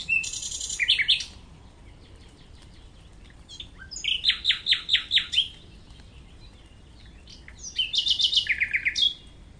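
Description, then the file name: Common nightingale singing three separate phrases with pauses between, each built from fast, loud repeated notes, some whistled high, others lower and more chattering. "Usignolo"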